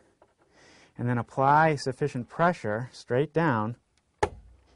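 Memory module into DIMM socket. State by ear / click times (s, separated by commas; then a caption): seated / 4.2 s. Someone talks while a RAM memory module is pressed straight down into a DIMM socket, followed by a single sharp click at 4.2 s as the retention tabs lock and the module seats.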